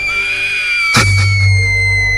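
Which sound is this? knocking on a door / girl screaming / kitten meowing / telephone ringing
girl screaming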